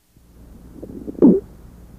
This squawk is both inspiratory and expiratory, louder on inspiration and softer on expiration. The squawk is a musical sound found in some patients with diffuse pulmonary fibrosis, especially if associated with an allergic inflammation of the alveoli known as hypersensitivity pneumonitis.